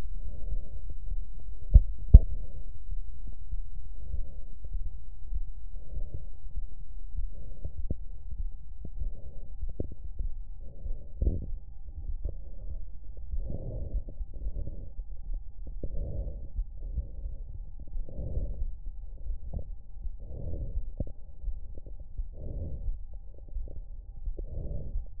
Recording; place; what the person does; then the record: lung sounds by stethoscope; left anterior apical chest; quiet breathing, then deep breathing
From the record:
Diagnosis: interstitial lung disease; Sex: female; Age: 68 years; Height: 152 cm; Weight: 76 kg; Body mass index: 32.9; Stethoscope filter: extended mode